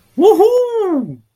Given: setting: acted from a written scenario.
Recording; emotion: vocal sound without words; triumph